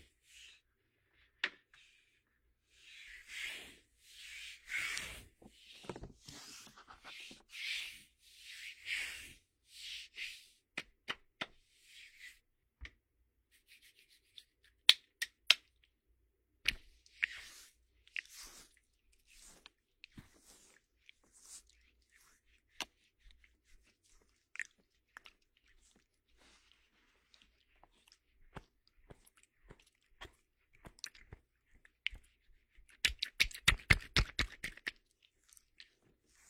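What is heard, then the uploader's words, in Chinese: Hands cup and rub over the ears, muffled, with soft swelling brushes between about three and ten seconds. Sharp isolated taps and clicks follow, ending in a dense crackling flurry near thirty-three seconds. 双手捂耳。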